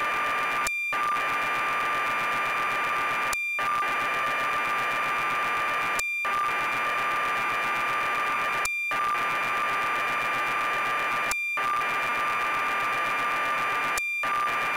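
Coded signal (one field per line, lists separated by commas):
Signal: computer data on cassette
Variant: BBC Micro, 1200 baud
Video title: BBC Micro: Elite by Acornsoft (Loading from tape)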